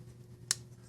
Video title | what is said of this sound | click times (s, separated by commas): Unboxing the Kansept S35VN Rose Pattern Carbon Fiber Fenrir knife… a channel gift! 😳 | nice click in any detent lash no detent lash | 0.5 s